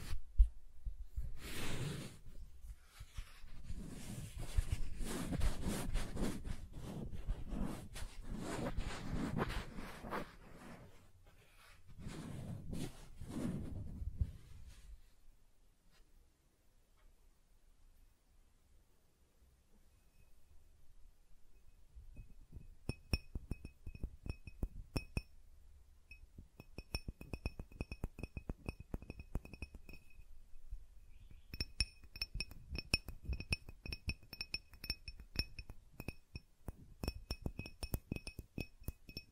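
Soft tracing across surfaces, first in dense, hissing strokes that swell and fade through the opening fifteen seconds. After a quiet gap, the second half turns into quick, fine ticking and scratching, with a faint high ringing tone threaded through the later stretches.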